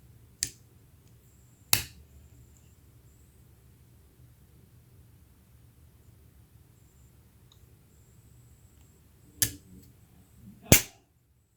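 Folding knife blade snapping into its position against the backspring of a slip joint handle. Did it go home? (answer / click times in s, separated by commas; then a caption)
yes / 0.4 s, 1.7 s, 9.4 s. The steel blade of a slip joint pocket knife is repeatedly opened and closed, snapping into its open and closed positions against the backspring. Sharp snaps ring out at 0.4 s, 1.7 s and 9.4 s, with another loud snap near 10.8 s, over a quiet background. Each snap shows the blade seating firmly into position.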